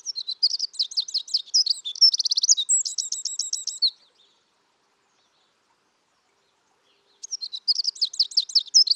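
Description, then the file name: Eurasian wren song of shrill, rapid trills and rattles for about four seconds, a quiet gap of about three seconds, then another song begins. "Troglodytes troglodytes"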